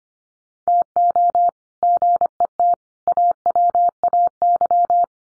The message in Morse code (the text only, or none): TO GET AWAY